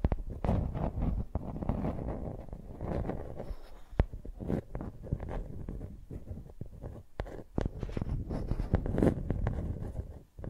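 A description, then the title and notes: A microphone dragged like a pencil gives a dense, rumbling scrape throughout, broken by sharp clicks and taps, notably near four seconds and seven to nine. Using Mics as Pencils (No Talking).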